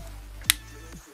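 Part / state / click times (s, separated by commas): plastic transformation part into the toy figure / seated / 0.5 s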